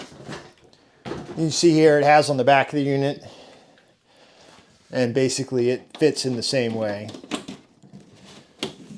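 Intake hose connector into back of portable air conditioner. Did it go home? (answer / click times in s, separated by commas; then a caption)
yes / 8.6 s. An intake hose's plastic twist-lock connector is fitted onto the back of an Ecoflow Wave portable air conditioner while someone talks. It is turned until it clicks home with a sharp click at 8.6 s, seating the hose.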